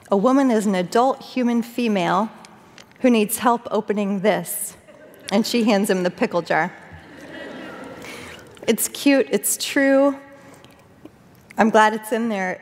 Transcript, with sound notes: “A woman is an adult human female who needs help opening this,” and she hands him the pickle jar. (laughter) It’s cute. It’s true. I’m glad it’s in there.